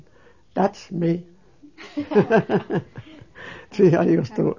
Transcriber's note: they laugh